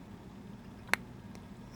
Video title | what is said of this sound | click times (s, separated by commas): HG NG 1/144 1/100 00, Arios, Seravee & Seraphim Gundam tip! | You hear that click | 0.9 s